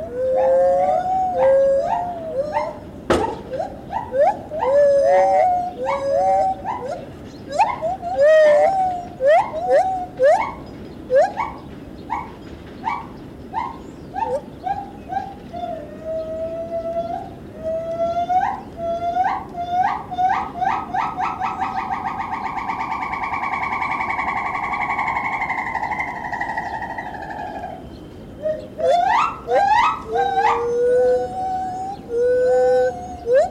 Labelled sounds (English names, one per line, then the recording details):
Borneo Gibbon
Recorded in captivity
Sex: female
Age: adult
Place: Tierpark Berlin, Berlin, DE
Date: 1970-10-24
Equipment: Uher 4200 Report Stereo, Tesla Verstärker, Sennheiser MD 421, Doppelspuraufnahme
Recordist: Tembrock, Günter